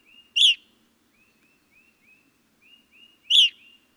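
Evening grosbeak calls: two loud, ringing notes about three seconds apart, with soft short whistled notes between them.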